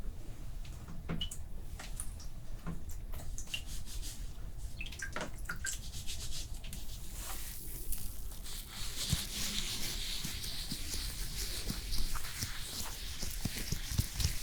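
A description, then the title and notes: A cooling spa facial treatment: soft tapping and wet, sticky handling sounds over a low rumble, turning brighter and hissier after about eight seconds. ASMR After Sun Facial Care Cooling SPA Treatment (Layered + No Talking).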